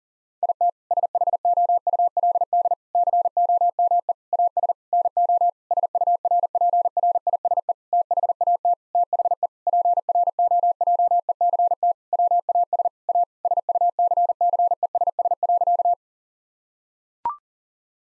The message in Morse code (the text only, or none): IT SHOULD COME AS NO SURPRISE THAT THE PROJECT WAS A SUCCESS.